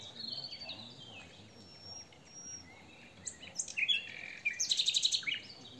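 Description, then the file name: Common nightingale singing varied phrases: a soft descending whistle, a thin sustained high note, then bursts of rapid, repeated sharp notes building into a fast trill. "Luscinia megarhynchos"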